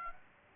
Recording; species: mosquito wingbeat signal from an infrared sensor; Aedes aegypti